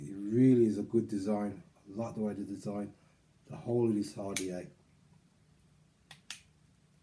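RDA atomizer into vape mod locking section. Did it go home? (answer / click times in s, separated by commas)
yes / 6.3 s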